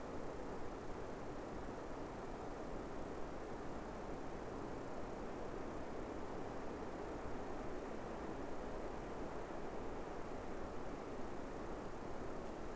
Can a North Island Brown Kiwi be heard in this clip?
no